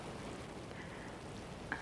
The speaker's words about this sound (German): Es ist schön im Regen.